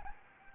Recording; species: mosquito wingbeat signal from an infrared sensor; Anopheles arabiensis